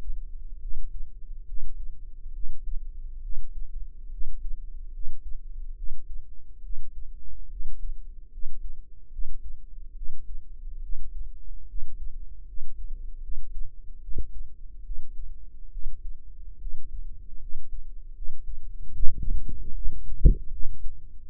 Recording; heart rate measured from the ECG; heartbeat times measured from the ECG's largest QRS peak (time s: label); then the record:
heart sounds by microphone in the right ear; 73 bpm
0.59 s: heartbeat
1.45 s: heartbeat
2.32 s: heartbeat
3.20 s: heartbeat
4.09 s: heartbeat
4.91 s: heartbeat
5.74 s: heartbeat
6.61 s: heartbeat
7.48 s: heartbeat
8.29 s: heartbeat
9.09 s: heartbeat
9.93 s: heartbeat
10.80 s: heartbeat
11.66 s: heartbeat
12.44 s: heartbeat
13.20 s: heartbeat
13.99 s: heartbeat
14.82 s: heartbeat
15.69 s: heartbeat
16.57 s: heartbeat
17.38 s: heartbeat
18.12 s: heartbeat
18.91 s: heartbeat
19.72 s: heartbeat
20.50 s: heartbeat
21.22 s: heartbeat
From the record:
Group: healthy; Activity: rest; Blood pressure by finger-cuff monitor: 113/75 mmHg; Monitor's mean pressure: 87 mmHg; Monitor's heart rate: 71 bpm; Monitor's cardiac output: 5.5 L/min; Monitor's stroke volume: 78 mL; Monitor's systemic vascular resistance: 1130 dyn s/cm5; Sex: female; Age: 22 years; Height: 160 cm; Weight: 45 kg